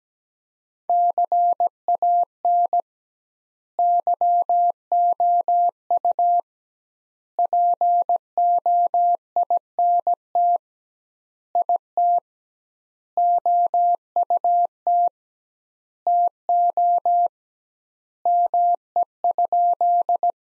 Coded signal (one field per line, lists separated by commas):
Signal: Morse code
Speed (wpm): 17 wpm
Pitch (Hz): 700 Hz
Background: none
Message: CAN YOU POINT IT OUT TO ME?